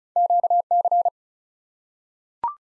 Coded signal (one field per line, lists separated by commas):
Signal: Morse code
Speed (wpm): 36 wpm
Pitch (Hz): 700 Hz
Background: none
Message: QC